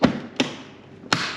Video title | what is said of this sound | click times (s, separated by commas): KickAss 12V & 240V Vacuum Food Sealer | here the two clicks | 0.4 s, 1.1 s